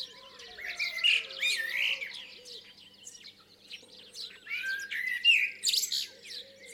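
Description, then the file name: Common blackbird singing two warbled phrases, each finished with sharp high squeaks, over a faint low hum. "Turdus merula"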